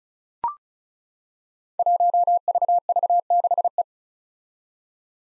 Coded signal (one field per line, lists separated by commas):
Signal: Morse code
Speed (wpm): 36 wpm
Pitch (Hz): 700 Hz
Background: none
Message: 1VV6E